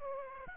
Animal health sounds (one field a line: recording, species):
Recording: mosquito wingbeat signal from an infrared sensor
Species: Aedes aegypti